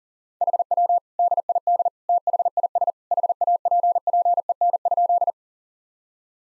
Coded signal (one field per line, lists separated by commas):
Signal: Morse code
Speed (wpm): 40 wpm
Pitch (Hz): 700 Hz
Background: none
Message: HW DID THIS HAPPEN?